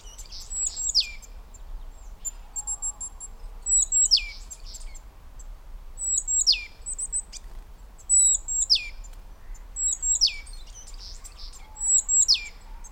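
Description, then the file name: Great tit calls, each a high thin note dropping into a sharp downward sweep, repeated several times over a faint low hum. "Parus major"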